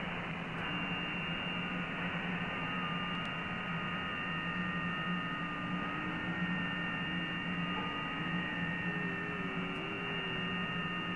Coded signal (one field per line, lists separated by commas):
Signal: FT8